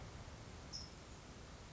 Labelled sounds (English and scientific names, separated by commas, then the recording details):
California Towhee (Melozone crissalis)
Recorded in Sonoma County, California